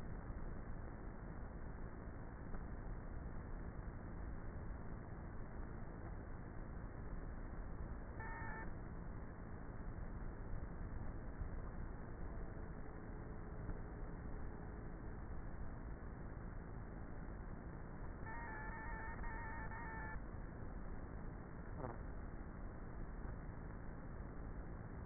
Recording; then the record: honeybee colony, microphone inside the hive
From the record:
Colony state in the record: queenless with a low population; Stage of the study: before two queens were removed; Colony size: about 30,000 bees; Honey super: no